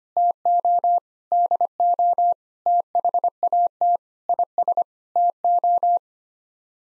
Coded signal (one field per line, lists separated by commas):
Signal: Morse code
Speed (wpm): 25 wpm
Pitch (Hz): 700 Hz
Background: none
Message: TO DO THAT IS TO